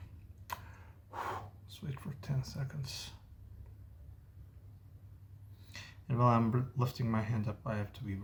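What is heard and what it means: A small plastic tank-model part is pressed into position on the tank hull assembly and nudged slightly, giving a sharp, short click at 0.5 s as it seats into place. Someone then talks while waiting for the glue to set.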